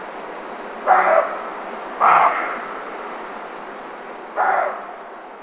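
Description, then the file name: Roe deer barking: three hoarse, harsh barks, the first two about a second apart and the third after a longer pause, over a steady background hiss. "chevreuil"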